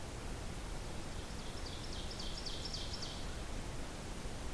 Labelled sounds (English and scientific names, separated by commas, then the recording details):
Ovenbird (Seiurus aurocapilla) song
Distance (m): 75 m
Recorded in boreal forest in Alberta, Canada, on 14 June 2016 at 08:15
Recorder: SongMeter 3, array SBT-3-33
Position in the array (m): 107 m, 137 m
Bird 21